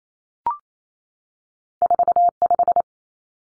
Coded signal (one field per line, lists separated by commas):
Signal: Morse code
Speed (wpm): 28 wpm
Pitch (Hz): 700 Hz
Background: none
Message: 45